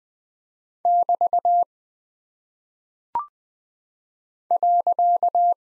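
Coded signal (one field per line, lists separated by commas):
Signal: Morse code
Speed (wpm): 20 wpm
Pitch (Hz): 700 Hz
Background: none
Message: <BT> .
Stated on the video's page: Morse practice at 20 wpm of punctuation and prosign characters, each sent, spoken, then sent again for head-copy.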